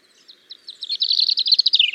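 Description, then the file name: European robin song: soft high notes building into a fast, dense trill that slides gently downward at the end. "Erithacus rubecula"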